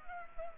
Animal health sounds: mosquito wingbeat signal from an infrared sensor; Culex pipiens

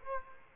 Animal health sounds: mosquito wingbeat signal from an infrared sensor; Culex quinquefasciatus

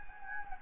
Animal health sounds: mosquito wingbeat signal from an infrared sensor; Anopheles gambiae

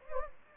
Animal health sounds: mosquito wingbeat signal from an infrared sensor; Anopheles gambiae

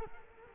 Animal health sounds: mosquito wingbeat signal from an infrared sensor; Culex quinquefasciatus

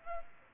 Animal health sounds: mosquito wingbeat signal from an infrared sensor; Aedes aegypti

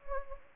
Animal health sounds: mosquito wingbeat signal from an infrared sensor; Anopheles gambiae

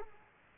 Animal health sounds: mosquito wingbeat signal from an infrared sensor; Culex quinquefasciatus

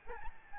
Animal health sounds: mosquito wingbeat signal from an infrared sensor; Aedes albopictus

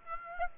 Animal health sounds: mosquito wingbeat signal from an infrared sensor; Aedes aegypti

